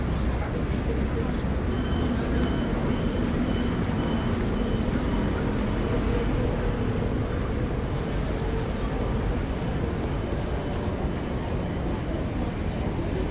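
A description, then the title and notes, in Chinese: A steady, dense crowd and traffic hum fills Hsinchu railway station, with low rumbling, murmured voices, and a faint high tone throughout. S4新竹火車站EP2路口。機械。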